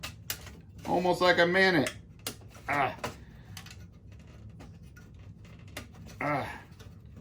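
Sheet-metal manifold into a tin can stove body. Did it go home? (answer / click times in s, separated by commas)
no / none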